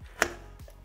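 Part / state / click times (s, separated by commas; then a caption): graphics card into motherboard PCIe x16 slot / seated / 0.2 s. An Arc A750 graphics card, lined up with the topmost PCIe x16 slot on the motherboard with the slot's retention tab pressed back, is pressed firmly down. A sharp click sounds at 0.2 s as the slot latch catches, followed by a much fainter tap at 0.6 s. The card is seated in the slot.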